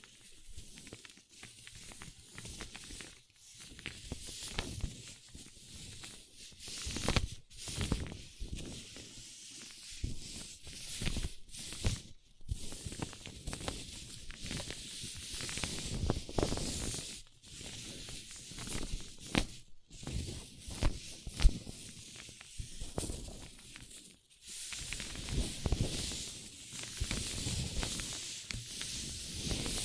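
A paper cup is rubbed and crinkled in bursts of bright, dense scratching and hissing, broken by brief silences every few seconds, with occasional sharper taps.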